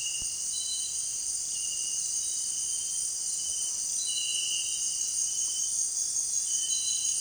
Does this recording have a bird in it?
no